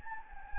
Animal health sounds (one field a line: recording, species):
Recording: mosquito wingbeat signal from an infrared sensor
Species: Anopheles gambiae